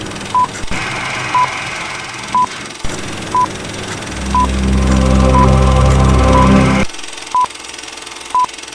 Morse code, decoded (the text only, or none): none